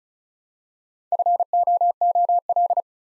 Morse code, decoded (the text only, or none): FOOL